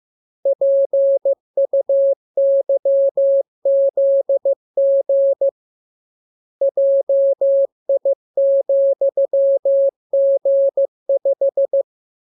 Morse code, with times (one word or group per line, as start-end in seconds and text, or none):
0.5-5.5 PUYZG
6.6-11.8 JI,G5